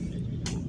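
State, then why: Seated. A scooter seat on a 2024 Scoopy is closed, and its seat latch locks into the seat lock with a single sharp click at 0.5 s over a steady low hum. The seat is now locked shut.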